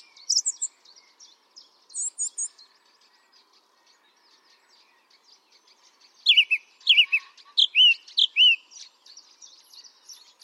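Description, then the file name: Song thrush giving a few brief notes, then a run of loud slurred whistles repeated several times in a lively phrase, with quiet gaps between. "singdrossel"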